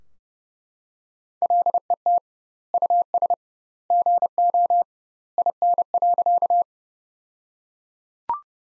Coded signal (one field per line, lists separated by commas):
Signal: Morse code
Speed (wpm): 30 wpm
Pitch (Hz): 700 Hz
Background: none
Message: LET US GO IN.